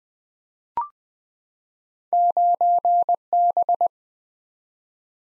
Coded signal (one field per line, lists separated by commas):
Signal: Morse code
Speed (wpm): 20 wpm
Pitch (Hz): 700 Hz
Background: none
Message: 9B